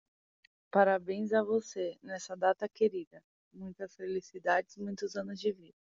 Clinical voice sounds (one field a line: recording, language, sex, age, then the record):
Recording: short text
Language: Brazilian Portuguese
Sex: female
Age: 20 to 29 years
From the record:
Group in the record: control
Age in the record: 24 years